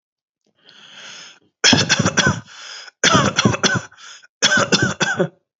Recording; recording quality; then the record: shallow voluntary cough; excellent, no background noise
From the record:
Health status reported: healthy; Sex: male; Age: 29 years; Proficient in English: yes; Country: United States